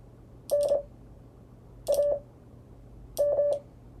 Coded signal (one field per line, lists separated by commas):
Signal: Morse code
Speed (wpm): 25 wpm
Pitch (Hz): 580 Hz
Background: none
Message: NAM